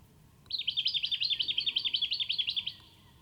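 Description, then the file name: Jacky winter delivering a fast, even run of many high chirps over about two seconds, bright and repetitive, against quiet background. "Microeca Fascinans"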